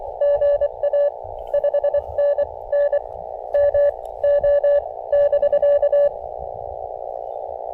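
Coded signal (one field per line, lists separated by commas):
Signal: Morse code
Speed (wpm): 24 wpm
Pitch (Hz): 580 Hz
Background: radio noise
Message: GA 5NN MO <BK>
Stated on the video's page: CW from a rainy POTA park activation with an Elecraft KX2, KXPD2 paddles, battery power and a random wire antenna.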